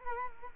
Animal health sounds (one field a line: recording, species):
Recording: mosquito wingbeat signal from an infrared sensor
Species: Culex quinquefasciatus